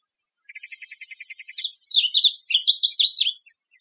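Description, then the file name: Varied bunting song opening with a fast, even series of dry chips, then breaking into a jumbled, sweet warble of slurred notes. Recorded in Arizona on 6 August 2007. "VABU 8 Deviche"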